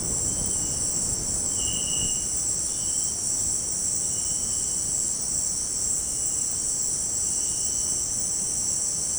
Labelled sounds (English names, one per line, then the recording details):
none
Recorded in dense forest near Puerto Asís, Putumayo, Colombia, on 13 March 2025 at 18:00
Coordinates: 0.500, -76.322
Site GP06